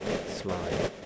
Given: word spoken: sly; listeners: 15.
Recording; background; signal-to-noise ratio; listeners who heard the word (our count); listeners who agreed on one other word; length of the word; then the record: one English word in noise, from a listening test; noise modulated by three-talker babble; -4.3 dB; 1 of 15; 9 of 15; 0.66 s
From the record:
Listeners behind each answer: 9, 3, 1, 1, 1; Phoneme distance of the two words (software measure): 7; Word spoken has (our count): 1 syllable, 3 phonemes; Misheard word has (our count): 1 syllable, 4 phonemes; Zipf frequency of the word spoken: 3.25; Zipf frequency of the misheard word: 4.17